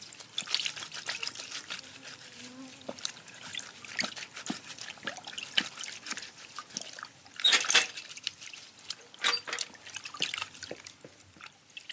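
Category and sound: household object, water being poured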